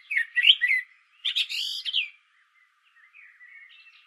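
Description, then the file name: Common blackbird gives a short mellow warble, then a louder squeaky twittered flourish, with soft faint notes afterward. "Turdus merula"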